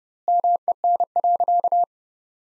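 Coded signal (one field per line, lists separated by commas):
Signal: Morse code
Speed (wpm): 30 wpm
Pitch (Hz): 700 Hz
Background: none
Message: MEN.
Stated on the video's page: Morse code practice: sentences from the top 300 words sent at 30 wpm with twice standard word spacing, a word-level analogue of Farnsworth spacing.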